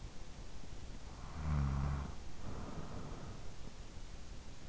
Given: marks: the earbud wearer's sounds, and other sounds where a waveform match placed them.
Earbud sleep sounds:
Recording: sounds in sleep by an in-ear microphone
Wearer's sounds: snoring breath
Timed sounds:
0.78-4.33 s: snoring breath

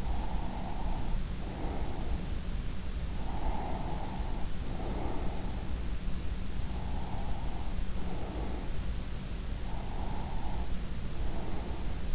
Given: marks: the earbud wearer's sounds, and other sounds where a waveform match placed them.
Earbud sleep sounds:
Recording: sounds in sleep by an in-ear microphone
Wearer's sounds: breath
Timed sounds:
0.00-2.36 s: breath
3.23-5.80 s: breath
6.67-8.78 s: breath
9.68-12.15 s: breath

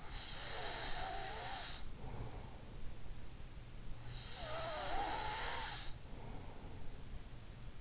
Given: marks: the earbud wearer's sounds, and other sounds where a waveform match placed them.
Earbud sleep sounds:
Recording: sounds in sleep by an in-ear microphone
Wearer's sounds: snoring breath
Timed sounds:
0.00-2.60 s: snoring breath
4.05-6.90 s: snoring breath

